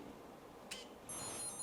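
After the key is pressed in the phone app, the internal clutch of a WeLock ToucA51 electronic door lock cylinder couples the knob to the cam with one short mechanical click at 0.7 s. Faint high tones and a slightly louder hiss follow from about 1.1 s. The clutch has engaged, so the knob and cam now turn together.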